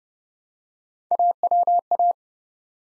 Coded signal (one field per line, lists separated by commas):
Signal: Morse code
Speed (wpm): 30 wpm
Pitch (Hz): 700 Hz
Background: none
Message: AWA